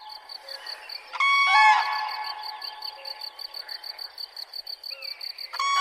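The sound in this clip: Bird uttering a loud, brassy call, then a shorter one at the end, against continuous rhythmic cricket chirping.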